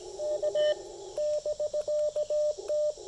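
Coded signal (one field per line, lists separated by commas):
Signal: Morse code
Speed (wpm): 17 wpm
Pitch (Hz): 600 Hz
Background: radio noise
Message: U <BK> T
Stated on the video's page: QRP CW park activation at 5 watts using 28.5 feet of speaker wire as the antenna.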